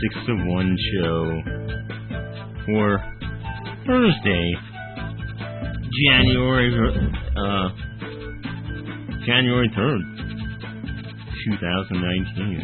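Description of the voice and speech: Slow, halting speech from an adult man, with long pauses, stretched fillers and a restarted date: the word-finding trouble of aphasia after a stroke.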